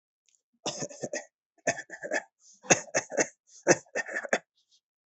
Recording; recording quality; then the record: shallow voluntary cough; excellent, no background noise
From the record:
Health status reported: healthy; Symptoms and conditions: none ticked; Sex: male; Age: 35 years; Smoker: not ticked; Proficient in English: yes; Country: India